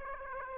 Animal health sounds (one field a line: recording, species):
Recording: mosquito wingbeat signal from an infrared sensor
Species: Aedes aegypti